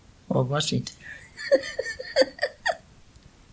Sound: laughs